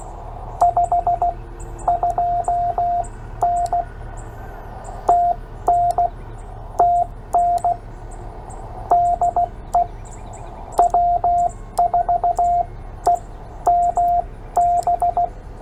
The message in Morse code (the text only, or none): 52N TN TN DE W4EMB